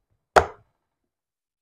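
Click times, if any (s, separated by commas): 0.4 s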